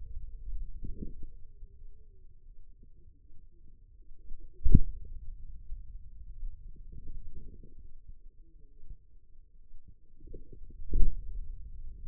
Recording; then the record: forearm muscle sounds (acoustic myography)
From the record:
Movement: hand closing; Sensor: system 2, bracelet of six BSWA MPA416 microphones around the upper forearm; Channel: 3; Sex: female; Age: 25 years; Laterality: right